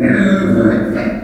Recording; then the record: squeal of a Yucatan mini pig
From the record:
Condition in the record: after surgery on the right vocal fold (resection and tissue-engineered implant); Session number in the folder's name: 4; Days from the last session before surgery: 26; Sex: female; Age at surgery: 19 weeks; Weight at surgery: 25 kg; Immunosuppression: prednisolone